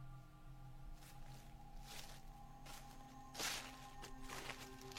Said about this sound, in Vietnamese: Xong xuôi hai lão mới lò dò. Tiến vào trong sân. Tiếng bước chân dẫm lên lá khô xào xạc.